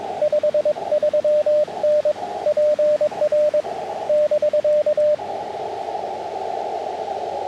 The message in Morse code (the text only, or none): 53N PR <BK>